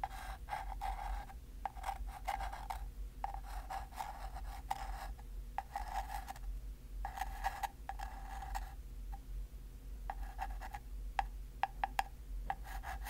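Rhythmic scratching and rubbing strokes repeat about every half second to a second, each a rasping burst with a bright edge, pausing briefly near 3, 7 and 9 seconds. Sharp little taps click in between, especially toward the end, over a steady low hum.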